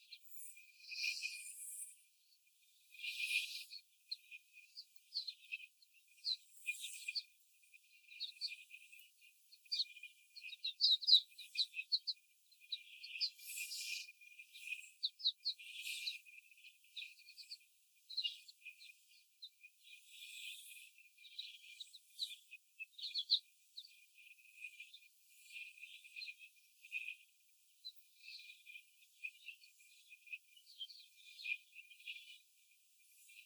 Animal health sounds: young laying hens in a cage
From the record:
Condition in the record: before the stressor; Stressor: simulated dog barking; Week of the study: 4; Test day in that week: 2

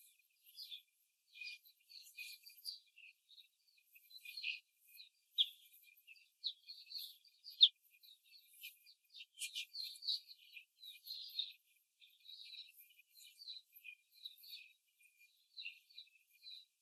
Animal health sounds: young laying hens in a cage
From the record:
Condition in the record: control cage, before the stress test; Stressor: none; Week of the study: 4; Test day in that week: 1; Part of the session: 1

